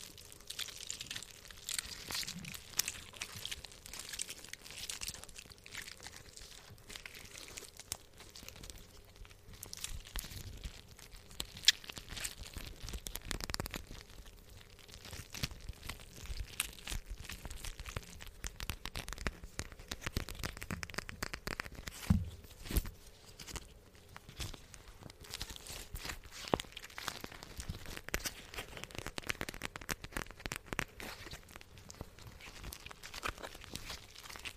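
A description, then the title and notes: Squishing, tapping and crinkling sounds continue for the whole stretch as a dense run of soft crackles and quick taps, some bright and papery, others low and squelchy. Sharper taps stand out around 12 and 22 seconds, over a faint low hum. Squishing, Tapping, Crinkling!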